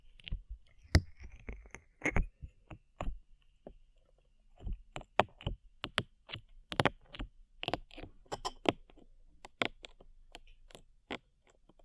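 Slime being squished and poked in quick, uneven bursts of wet clicks and crackles, with short pauses and a low steady hum underneath.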